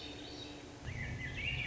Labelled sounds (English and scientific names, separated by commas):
Swainson's Thrush (Catharus ustulatus)